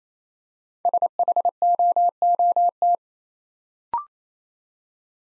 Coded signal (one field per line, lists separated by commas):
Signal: Morse code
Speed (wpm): 28 wpm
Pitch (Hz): 700 Hz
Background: none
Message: SHOOT